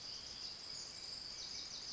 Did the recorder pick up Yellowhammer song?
no